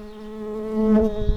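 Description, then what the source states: Early bumblebee buzzing: a steady low hum with rich harmonics that swells louder near the end, ending in a few rough thumps. Worker bees.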